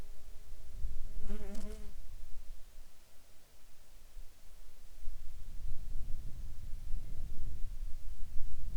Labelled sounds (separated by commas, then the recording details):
wind, insects
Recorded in the Arctic National Wildlife Refuge, Alaska, on 9 July 2019 at 23:37
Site 44